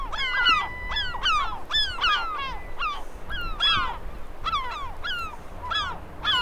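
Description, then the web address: Gulls giving repeated harsh, downward-sliding cries over a steady low background noise. "sound 6 seagulls"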